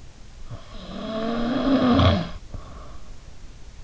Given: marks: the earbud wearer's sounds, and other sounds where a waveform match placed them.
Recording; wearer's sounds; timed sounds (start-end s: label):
sounds in sleep by an in-ear microphone; snoring breath
0.48-3.06 s: snoring breath